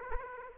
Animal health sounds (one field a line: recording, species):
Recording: mosquito wingbeat signal from an infrared sensor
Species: Aedes aegypti